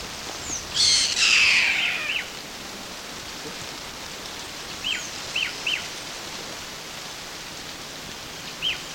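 Bird making a loud scratchy screech near the start, then a few short, high, falling whistled notes scattered over the following seconds against steady hiss.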